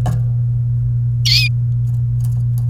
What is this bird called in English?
Domestic Canary